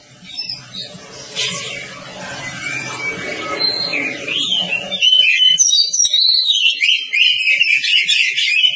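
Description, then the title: Oriental magpie-robin song, at first faint over low hum, then a loud sustained stream of rapid, varied high whistles and trills. Long-duration song style (durasi panjang). "Kacer Durasi Panjang"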